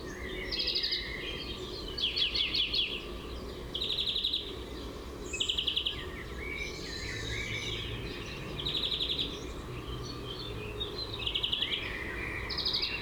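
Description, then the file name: European greenfinch singing a run of buzzy rattling trills and brief twittering notes against a low constant rumble. "Chloris chloris"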